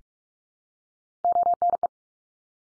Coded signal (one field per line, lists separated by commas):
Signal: Morse code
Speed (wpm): 44 wpm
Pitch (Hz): 700 Hz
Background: none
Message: ONE